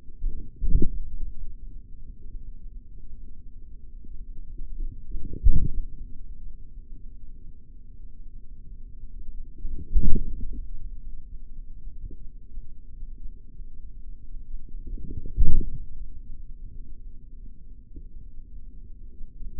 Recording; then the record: forearm muscle sounds (acoustic myography)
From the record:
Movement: forearm supination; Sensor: system 3, bracelet of six PUI Audio POM-2738L microphones around the upper forearm, with dedicated amplification and filtering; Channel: 6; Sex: male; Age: 56 years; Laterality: right